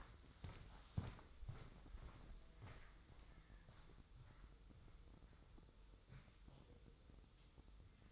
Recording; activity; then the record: daily activity, microphone in the room; walk to room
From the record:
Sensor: 3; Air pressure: 995.5 hPa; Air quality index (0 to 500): 84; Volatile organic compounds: 7 ppm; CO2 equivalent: 2029 ppm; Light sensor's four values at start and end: 26/78/33/28 and 27/81/34/29